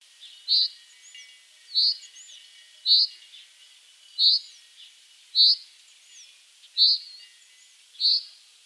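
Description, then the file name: Common chaffinch giving short, bright pink calls, one roughly every 1.2 seconds, seven in all, with faint soft chirps between them. "Fringilla coelebs"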